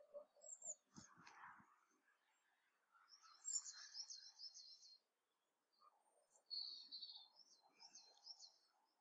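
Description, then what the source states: Bird song: two quick rattling twitter phrases separated by a pause, with scattered faint chirps and low rustling sounds. January morning.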